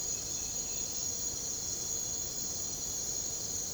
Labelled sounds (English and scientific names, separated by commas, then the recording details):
none
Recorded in secondary vegetation near Puerto Asís, Putumayo, Colombia, on 22 December 2024 at 01:00
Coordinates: 0.489, -76.322
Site G059